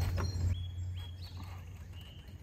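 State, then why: Not seated. A rubber spark plug wire boot is being pushed back onto a lawn mower's spark plug, with a short, sharp contact sound at 0.2 s over a steady low hum and faint high tonal chirps. The clip ends just before the boot goes home, so nothing has seated or clicked yet.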